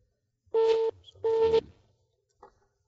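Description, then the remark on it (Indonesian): Two steady, mid-pitched telephone line tones sound in a row, each lasting about a third of a second with a short gap between, followed by a faint click and quiet line hiss, as a caller from Cijarah phoning in a question is connected. “Kita akan angkat kembali penanya melalui telepon.”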